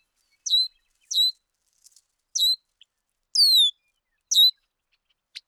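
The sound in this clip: Bird giving a string of five high chirps, one a longer falling whistle, with soft ticks and clicks scattered between.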